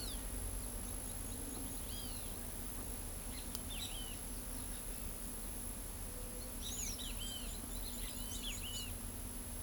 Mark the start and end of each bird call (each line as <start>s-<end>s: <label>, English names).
1.89s-2.27s: Roadside Hawk
3.68s-4.14s: Great Kiskadee
6.60s-8.88s: Great Kiskadee
6.82s-8.87s: Carib Grackle